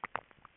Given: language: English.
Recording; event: throat vibration sensor signal played as sound; swallow